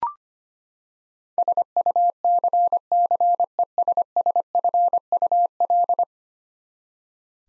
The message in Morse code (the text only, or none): SUCCESSFUL